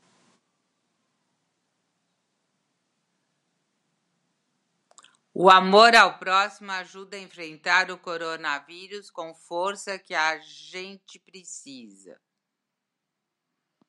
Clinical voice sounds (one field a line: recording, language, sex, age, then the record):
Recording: spoken sentence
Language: Brazilian Portuguese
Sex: female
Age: 60 to 69 years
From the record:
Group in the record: control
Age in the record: 65 years